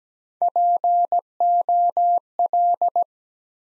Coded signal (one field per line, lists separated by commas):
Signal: Morse code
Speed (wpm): 17 wpm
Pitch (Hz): 700 Hz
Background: none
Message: POL